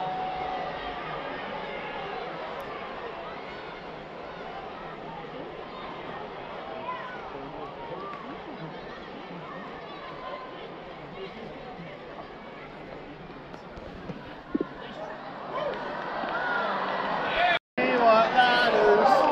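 A large crowd at a wrestling event roars and chants in a dense, continuous wash of voices. The noise holds fairly steady, then swells louder after about fifteen seconds, with a brief dropout near seventeen and a half seconds before the cheering surges again.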